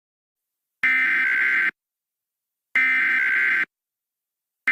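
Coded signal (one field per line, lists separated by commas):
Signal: Emergency Alert System (SAME) tones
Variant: header bursts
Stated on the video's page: Fictional EAS scenario, not a real broadcast alert.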